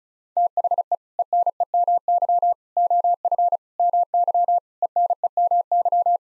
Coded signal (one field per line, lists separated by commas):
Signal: Morse code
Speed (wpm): 36 wpm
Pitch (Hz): 700 Hz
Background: none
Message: THE ENEMY OF MY ENEMY